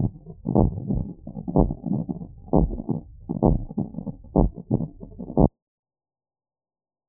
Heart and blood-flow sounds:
heart sounds
0.00	0.04	S2
0.04	0.56	diastole
0.56	0.70	S1
0.70	0.90	systole
0.90	1.02	S2
1.02	1.56	diastole
1.56	1.70	S1
1.70	1.92	systole
1.92	2.02	S2
2.02	2.54	diastole
2.54	2.70	S1
2.70	2.90	systole
2.90	2.96	S2
2.96	3.44	diastole
3.44	3.58	S1
3.58	3.78	systole
3.78	3.86	S2
3.86	4.36	diastole
4.36	4.50	S1
4.50	4.72	systole
4.72	4.82	S2
4.82	5.38	diastole
5.38	5.50	S1
5.50	5.72	systole
5.72	5.80	S2
5.80	6.36	diastole
6.36	6.44	S1
6.44	6.66	systole
6.66	6.74	S2
6.74	7.09	diastole
From the record:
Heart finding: normal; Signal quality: good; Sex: male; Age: 26 years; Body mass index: 23

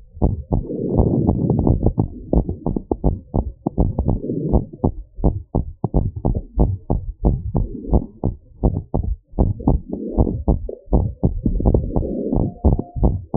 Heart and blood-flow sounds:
heart sounds
0.00	0.22	diastole
0.22	0.34	S1
0.34	0.52	systole
0.52	0.62	S2
0.62	0.92	diastole
0.92	1.08	S1
1.08	1.26	systole
1.26	1.38	S2
1.38	1.64	diastole
1.64	1.80	S1
1.80	2.00	systole
2.00	2.08	S2
2.08	2.34	diastole
2.34	2.46	S1
2.46	2.68	systole
2.68	2.76	S2
2.76	3.06	diastole
3.06	3.16	S1
3.16	3.36	systole
3.36	3.48	S2
3.48	3.80	diastole
3.80	3.92	S1
3.92	4.08	systole
4.08	4.18	S2
4.18	4.50	diastole
4.50	4.62	S1
4.62	4.82	systole
4.82	4.92	S2
4.92	5.22	diastole
5.22	5.34	S1
5.34	5.56	systole
5.56	5.66	S2
5.66	5.96	diastole
5.96	6.10	S1
6.10	6.26	systole
6.26	6.34	S2
6.34	6.60	diastole
6.60	6.74	S1
6.74	6.92	systole
6.92	7.02	S2
7.02	7.26	diastole
7.26	7.38	S1
7.38	7.56	systole
7.56	7.66	S2
7.66	7.92	diastole
7.92	8.04	S1
8.04	8.24	systole
8.24	8.34	S2
8.34	8.64	diastole
8.64	8.78	S1
8.78	9.00	systole
9.00	9.12	S2
9.12	9.40	diastole
9.40	9.50	S1
9.50	9.68	systole
9.68	9.82	S2
9.82	10.16	diastole
10.16	10.28	S1
10.28	10.48	systole
10.48	10.60	S2
10.60	10.94	diastole
10.94	11.08	S1
11.08	11.24	systole
11.24	11.36	S2
11.36	11.66	diastole
11.66	11.84	S1
11.84	12.04	systole
12.04	12.12	S2
12.12	12.40	diastole
12.40	12.50	S1
12.50	12.66	systole
12.66	12.76	S2
12.76	13.02	diastole
13.02	13.18	S1
13.18	13.37	systole
From the record:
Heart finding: normal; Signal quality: good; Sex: female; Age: 43 years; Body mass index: 28.3

